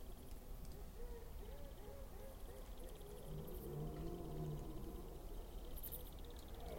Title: Red Deer Rut - Forêt d'Orleans, France